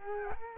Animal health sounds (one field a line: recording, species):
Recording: mosquito wingbeat signal from an infrared sensor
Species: Culex quinquefasciatus